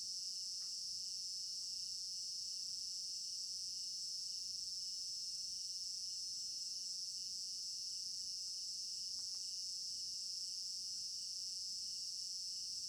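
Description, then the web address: Many crickets chirping together in an unbroken high buzzing wash, with a few brief faint knocks in the background. Recorded at night in an African village garden; stereo binaural recording. "African-Village Garden Night Crickets 03 Stereo-Binaural. immersive sound library"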